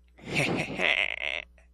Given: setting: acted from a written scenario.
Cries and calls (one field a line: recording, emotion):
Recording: vocal sound without words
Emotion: triumph